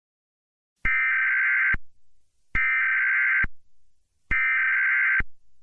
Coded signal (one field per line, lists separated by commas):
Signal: Emergency Alert System (SAME) tones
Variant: header bursts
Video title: Death Cloud - An EAS Mock